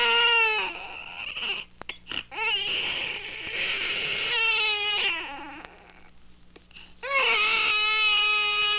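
Infant crying in sustained high-pitched wails, with gasping pauses between cries.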